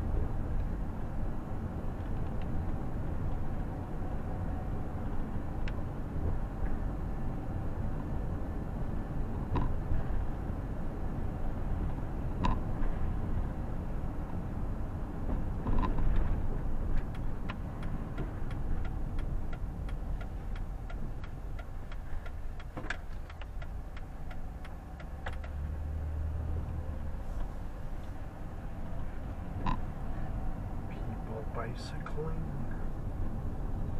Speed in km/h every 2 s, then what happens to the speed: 25, 29, 30, 29, 27, 29, 29, 27, 23, 17, 11, 6, 8, 13, 20, 24, 24.
0-13 steady at about 29. 13-21 slows to 6. 21-29 speeds up to 24.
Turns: 23-26.